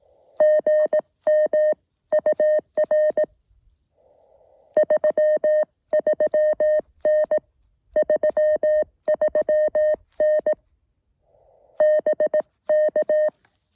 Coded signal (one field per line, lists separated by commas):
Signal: Morse code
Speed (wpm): 18 wpm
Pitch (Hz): 610 Hz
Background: music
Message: GM UR 33N 33N BK